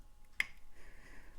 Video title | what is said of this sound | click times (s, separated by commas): The "Click" Test: How to Know Your Gemstone is Secure | i'm not sure if you heard that but you can hear an audible click when it's done correctly | 0.4 s